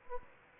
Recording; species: mosquito wingbeat signal from an infrared sensor; Anopheles gambiae